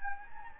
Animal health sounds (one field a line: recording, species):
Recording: mosquito wingbeat signal from an infrared sensor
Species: Anopheles gambiae